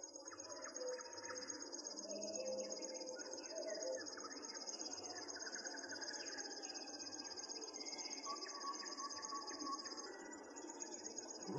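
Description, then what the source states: River Warbler song: an unbroken, high, insect-like chirring held steadily throughout, with other birds calling and chirping faintly below it. Song resembles a grasshopper's chirring; the bird is very wary and hard to see.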